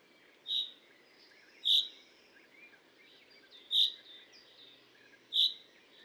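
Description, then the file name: Common chaffinch calls: four short, bright, high notes spaced unevenly over six seconds, with a faint hiss in the background. "Fringilla coelebs"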